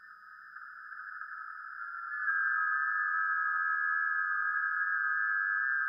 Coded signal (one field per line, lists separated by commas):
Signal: FT8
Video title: [LIVE - INTERACTIVE - 360] - Rev Jon Valt's Parasocial Social Hour! - Music, Ham Radio, Shenanigans